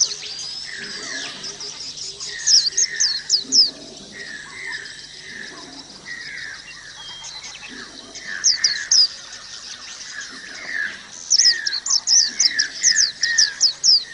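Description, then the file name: White-eye song: repeated bursts of fast, high, thin twittering, alternating with lower slurred whistles and quieter chatter in the background. Audio therapy for caged white-eyes. "audio-terapi-pleci omkicau"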